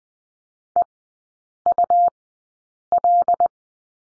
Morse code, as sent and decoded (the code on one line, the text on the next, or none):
. ..- .-..
EUL